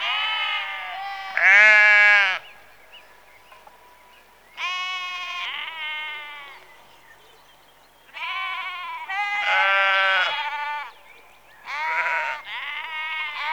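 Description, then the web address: Sheep bleating loudly, bursts of overlapping harmonic bleats from several animals separated by short quiet gaps. Sheep in a rural exterior atmosphere, recorded in the early evening, close. "BBC Sound Effects Library - Exterior Atmospheres-Rural Backg Sheep Early Evening- Close"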